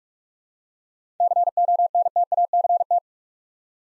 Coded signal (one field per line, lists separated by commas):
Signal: Morse code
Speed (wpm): 42 wpm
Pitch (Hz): 700 Hz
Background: none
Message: CONTACT